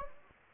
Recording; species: mosquito wingbeat signal from an infrared sensor; Anopheles gambiae